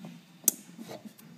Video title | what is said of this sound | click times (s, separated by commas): Jetsurf Black Box installation | first of all just make sure you hear the click when you click your electric pump back in | 0.5 s